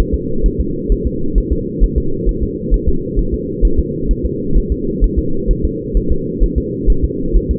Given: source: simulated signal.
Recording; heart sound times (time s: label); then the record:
fetal heart sounds
0.14 s: S2
0.46 s: S1
0.60 s: S2
0.92 s: S1
1.06 s: S2
1.38 s: S1
1.52 s: S2
1.84 s: S1
1.98 s: S2
2.29 s: S1
2.43 s: S2
2.74 s: S1
2.88 s: S2
3.19 s: S1
3.34 s: S2
3.65 s: S1
3.79 s: S2
4.11 s: S1
4.25 s: S2
4.57 s: S1
4.72 s: S2
5.04 s: S1
5.19 s: S2
5.51 s: S1
5.65 s: S2
5.97 s: S1
6.12 s: S2
6.43 s: S1
6.58 s: S2
6.90 s: S1
7.04 s: S2
7.36 s: S1
7.51 s: S2
From the record:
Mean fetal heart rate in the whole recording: 130 bpm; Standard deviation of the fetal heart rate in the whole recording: 2 bpm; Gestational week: 36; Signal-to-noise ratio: -8.1 dB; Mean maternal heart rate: 72 bpm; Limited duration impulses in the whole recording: absent